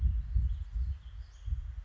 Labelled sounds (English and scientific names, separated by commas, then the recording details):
Western Flycatcher (Empidonax difficilis)
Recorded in Sonoma County, California